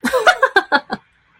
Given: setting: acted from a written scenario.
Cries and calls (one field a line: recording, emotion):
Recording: vocal sound without words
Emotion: amusement